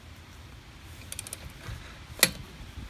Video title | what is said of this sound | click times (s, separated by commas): FRS WINTER TIRE INSTALL IN THE DARK | hold that with your hand and make sure it clicks there | 2.2 s